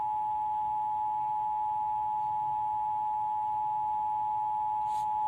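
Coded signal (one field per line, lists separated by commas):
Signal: Emergency Alert System (SAME) tones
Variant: 853 and 960 Hz attention tone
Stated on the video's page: Severe Thunderstorm Warning for Indiana with 80 mph winds, from a broadcast station.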